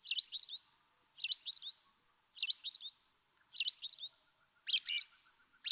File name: American Robin